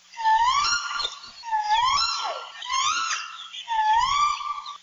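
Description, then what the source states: Alala (Hawaiian crow) territorial call: four drawn-out, nasal calls with rich harmonics, separated by brief gaps. Territorial call once common in wild birds but no longer heard in captive ones; vocalizations have changed during captivity; birds learn calls from each other.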